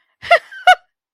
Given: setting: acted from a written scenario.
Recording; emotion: vocal sound without words; positive surprise